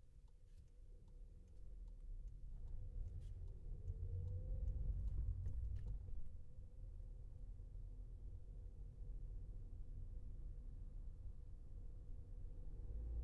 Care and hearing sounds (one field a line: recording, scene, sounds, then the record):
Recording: everyday scene through a hearing-aid microphone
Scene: in a vehicle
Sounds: engine, highway traffic jam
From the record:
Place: Skoda Fabia, gasoline engine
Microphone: behind the ear, left, rear